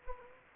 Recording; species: mosquito wingbeat signal from an infrared sensor; Anopheles gambiae